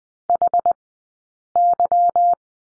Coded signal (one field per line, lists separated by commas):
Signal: Morse code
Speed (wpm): 20 wpm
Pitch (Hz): 700 Hz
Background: none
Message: HY